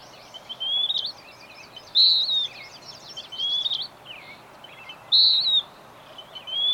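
Bird song of high whistles, two bright loud notes with quieter warbled phrases in between, over background hiss.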